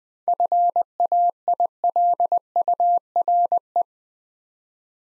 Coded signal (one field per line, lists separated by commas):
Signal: Morse code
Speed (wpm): 20 wpm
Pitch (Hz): 700 Hz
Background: none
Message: FAILURE